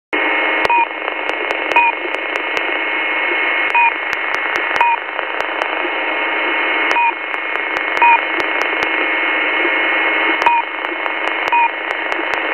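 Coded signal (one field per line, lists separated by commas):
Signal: unidentified radio signal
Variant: One Beep, Two Beeps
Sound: brief two-pitch beeps repeating roughly every second over steady radio hiss, with occasional clicks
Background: radio static, clicks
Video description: the signal no longer has the same configuration and is now simply sending out a steady two beeps per second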